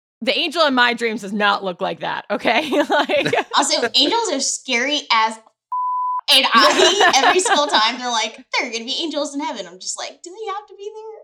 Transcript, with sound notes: the angel in my dreams does not look like that, okay?
Also angels are scary as… [laughter] And I, every single time, they’re like, “There are gonna be angels in heaven,” and I’m just like, “Do they have to be there?”